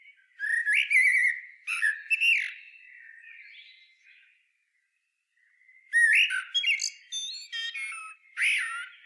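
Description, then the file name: Common blackbird with a mellow fluting phrase trailing into quiet warbles, then after a silence a second loud whistled phrase packed with high twittering notes. "Turdus merula"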